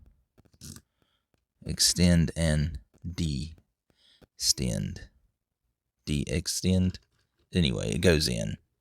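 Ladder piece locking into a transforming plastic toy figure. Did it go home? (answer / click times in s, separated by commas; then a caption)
no / none. Someone talks while handling the extendable ladder piece of a Transformers Kingdom Inferno plastic transforming toy figure, extending and retracting it and then pushing it in. There are a couple of faint handling clicks near 0.7 s. The ladder has not locked or clicked into place yet.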